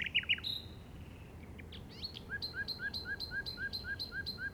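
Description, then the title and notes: Common nightingale song: a few loud chirps, then a fast even series of paired notes repeated about four times a second until the end. Recorded in the Llobregat Delta at 06:00 on 8 May 2015 with a Zoom recorder. "Grabación de ruiseñor común (Luscinia megarhynchos) en el Delta del Llobregat a las 06:00 del 08/05/2015."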